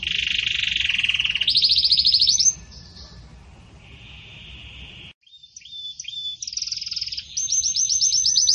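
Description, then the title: Canary song: a rapid rolling trill shifting into faster rising notes, a soft buzzy middle section, a brief silence, then sharp whistles and a quick repeated phrase. Pure campainha song style with pauses, for training birds. "Canto Canário Belga Campainha Puro Com Pausa Para Treinamento"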